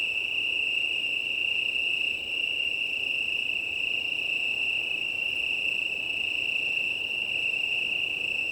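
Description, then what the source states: Italian tree cricket chorus: many insects merge into a constant high-pitched trill over a faint windy hiss. Chorus of many Italian tree crickets, 18 September 2019, 20:35, early night, Plateau de Lesches en Diois, Drôme, France; windy; recorded on a Nomad six-track recorder with MKH8020 microphones.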